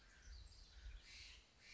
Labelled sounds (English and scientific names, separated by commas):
House Wren (Troglodytes aedon)